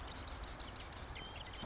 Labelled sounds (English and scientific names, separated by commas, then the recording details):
Marsh Wren (Cistothorus palustris)
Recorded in Sonoma County, California